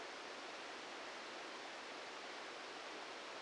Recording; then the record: brain microelectrode recording played as sound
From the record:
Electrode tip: inside the subthalamic nucleus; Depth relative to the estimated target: -1 mm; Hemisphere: left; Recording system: NeuroSet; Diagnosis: Parkinson's disease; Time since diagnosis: 14 years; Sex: male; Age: 51 years